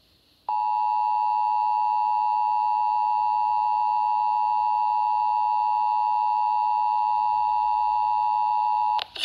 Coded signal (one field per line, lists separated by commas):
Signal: Emergency Alert System (SAME) tones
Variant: 853 and 960 Hz attention tone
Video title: EAS - National Periodic Test on WXBK-FM and Verizon